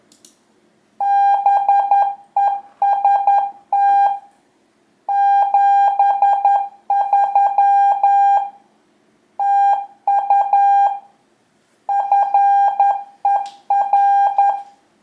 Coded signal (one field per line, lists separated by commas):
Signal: Morse code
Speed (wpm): 11 wpm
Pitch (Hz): 800 Hz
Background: none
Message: BEST 73 TU FER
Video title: La télégraphie pour les nuls : Les bases d'un QSO, les abréviations, le code Q.